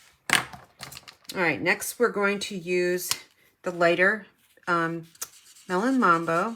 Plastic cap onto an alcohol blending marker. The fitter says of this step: push on it until you hear the click